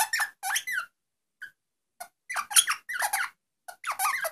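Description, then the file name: Rosella giving short bursts of squeaky, twittering notes that rise and fall, with a few single chirps between the bursts. "Canto da Rosela"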